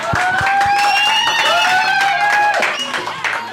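A crowd applauds loudly and steadily for a few seconds, the clapping mixed with cheering voices and rising whistle-like tones, tapering slightly toward the end.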